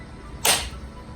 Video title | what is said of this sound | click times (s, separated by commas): Mini Bitz - Black Union Jack Tail Rear Lights Installation F56 | you can hear it snap into place there, and that's simply it. | 0.4 s